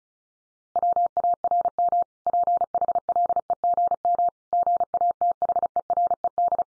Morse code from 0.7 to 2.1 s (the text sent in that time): WARM